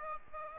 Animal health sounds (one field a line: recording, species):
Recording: mosquito wingbeat signal from an infrared sensor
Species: Aedes aegypti